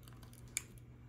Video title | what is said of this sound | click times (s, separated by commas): Assembling A Onefinity Elite Foreman CNC with QCW Wasteboard | So, we'll plug that one in till it clicks. | 0.6 s